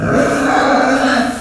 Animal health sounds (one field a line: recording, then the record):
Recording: squeal of a Yucatan mini pig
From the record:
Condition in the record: after surgery on the right vocal fold (resection and tissue-engineered implant)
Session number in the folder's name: 6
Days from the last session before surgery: 40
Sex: female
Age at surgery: 19 weeks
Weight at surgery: 25 kg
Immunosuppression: prednisolone